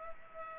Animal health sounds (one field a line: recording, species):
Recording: mosquito wingbeat signal from an infrared sensor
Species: Culex pipiens